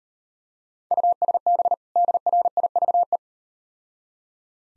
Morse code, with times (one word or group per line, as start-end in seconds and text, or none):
0.9-1.7 USB
2.0-3.2 DRIVE